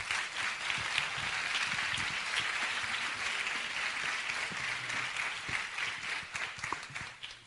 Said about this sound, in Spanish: Fuerte aplauso.